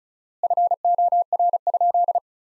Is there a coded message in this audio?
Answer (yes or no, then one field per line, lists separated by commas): yes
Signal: Morse code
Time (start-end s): 0.4-2.2 s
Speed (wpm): 36 wpm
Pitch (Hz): 700 Hz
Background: none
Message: FOR?